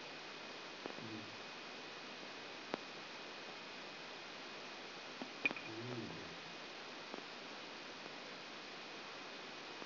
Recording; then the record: brain microelectrode recording played as sound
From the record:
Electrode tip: outside the subthalamic nucleus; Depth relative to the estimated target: -6 mm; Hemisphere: left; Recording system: AlphaMap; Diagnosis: Parkinson's disease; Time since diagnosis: 9 years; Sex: male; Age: 53 years